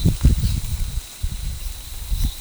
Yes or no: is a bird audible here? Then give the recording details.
no. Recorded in forest near Pivijay, Magdalena, Colombia, on 18 April 2023 at 09:30. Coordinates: 10.467, -74.380. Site Z5-G034